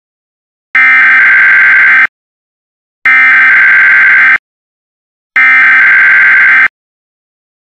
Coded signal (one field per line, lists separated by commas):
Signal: Emergency Alert System (SAME) tones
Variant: header bursts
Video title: Comcast EAS Reuqired Monthly Test (Fake, but kind of realistic!)